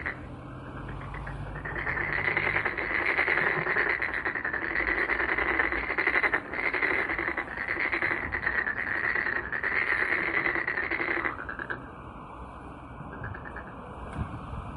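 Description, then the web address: Rapid buzzing frog trills form a steady, pulsing chorus through most of the recording before dropping away to a quieter background near the end. "White Noise frog"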